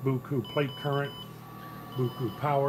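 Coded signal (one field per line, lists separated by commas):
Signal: Morse code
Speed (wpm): 20 wpm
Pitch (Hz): 3000 Hz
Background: speech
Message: QR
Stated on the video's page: MFJ-998 tuner's automatic CW "QRT" overload warning, which is supposed to sound if over 1500 watts is applied.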